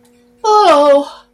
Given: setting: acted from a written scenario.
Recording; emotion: vocal sound without words; elation